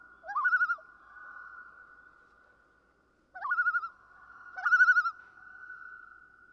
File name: Common Loon